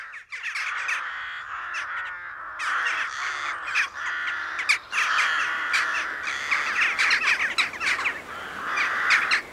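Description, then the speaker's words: Jackdaw calls, a busy chorus of short sharp chacking notes from several birds, overlapping rapidly throughout. Loud calls; jackdaws flock with rooks during the winter months and make swooping visits to the rookery all year round; Belcoo, County Fermanagh. "And there's also the loud calls from their cousins, jackdaws, who flock with rooks during the winter months and like to make swooping visits"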